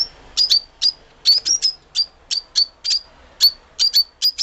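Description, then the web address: Fischer's lovebird giving many sharp, shrill high chirps, each a quick squeaky note, repeated throughout. "golosa ptic kak poyut popugai nerazlucniki agapornis. agapornis fischeri"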